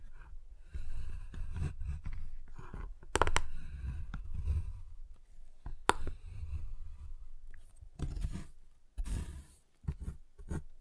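Tapping and cutting on a giant chocolate bar, with irregular sharp snaps and clicks near three, six and eight seconds over soft scraping.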